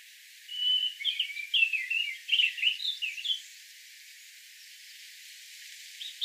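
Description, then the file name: European robin giving a warbling phrase of thin high notes and quick trills, lasting about three seconds, followed by near silence. "Erithacus rubecula"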